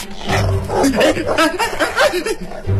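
A dog growls and snarls in loud, rough bursts, a low rumble rising into harsher, higher snarls several times over a few seconds.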